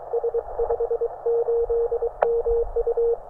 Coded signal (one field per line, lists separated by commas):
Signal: Morse code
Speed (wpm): 23 wpm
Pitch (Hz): 470 Hz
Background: none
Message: S58MU